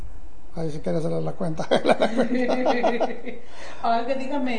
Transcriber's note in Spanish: risas